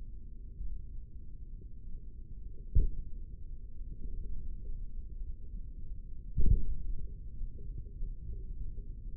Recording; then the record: forearm muscle sounds (acoustic myography)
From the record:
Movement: tripod grip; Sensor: system 3, bracelet of six PUI Audio POM-2738L microphones around the upper forearm, with dedicated amplification and filtering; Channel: 5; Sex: male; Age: 56 years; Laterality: right